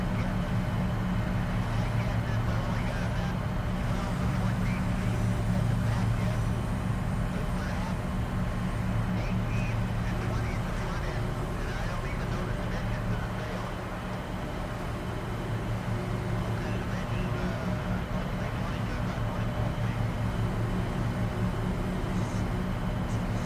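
A steady, low mechanical hum fills a space shuttle cabin, dense and unbroken for the whole stretch, with a droning rumble at the bottom and faint whirring tones above. Soft, scattered clicks and ticks surface now and then, and the level barely shifts throughout.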